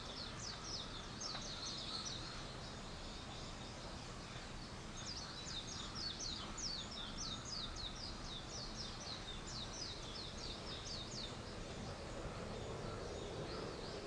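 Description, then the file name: Bird calls: rapid high chirps in dense bursts, strongest in the middle, over constant background noise. "wild-bird 230421"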